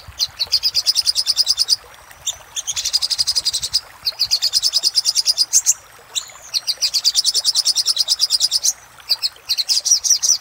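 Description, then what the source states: Little spiderhunter singing rapid trains of high, dry chip notes in bursts of a second or two, with short gaps and an occasional thin whistle. Master recording for training cage birds.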